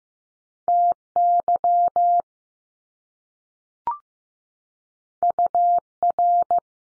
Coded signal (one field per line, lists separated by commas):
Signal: Morse code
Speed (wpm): 15 wpm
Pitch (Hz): 700 Hz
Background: none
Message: T Y U R